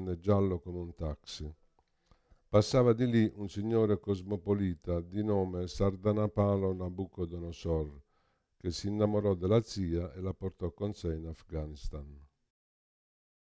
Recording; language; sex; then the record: read passage; Italian; male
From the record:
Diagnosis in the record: Parkinson's disease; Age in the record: 65 years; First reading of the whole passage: 52 s, 9.9 characters per second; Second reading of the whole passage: 50 s, 10.3 characters per second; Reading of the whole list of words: 40 s, 7.0 characters per second